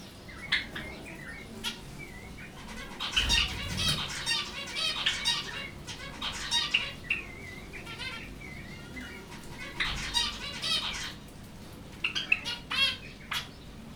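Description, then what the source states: Zebra finches, several calling together, rapid nasal toots and squeaky notes in dense clusters. Finches at Jászberény Zoo in 2015.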